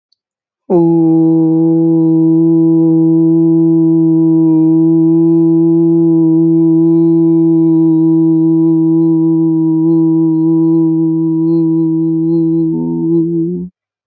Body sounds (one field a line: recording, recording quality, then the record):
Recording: sustained vowel as in boot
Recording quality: moderate, slight background noise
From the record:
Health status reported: respiratory illness, not identified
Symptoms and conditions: asthma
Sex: male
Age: 21 years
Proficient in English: yes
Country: India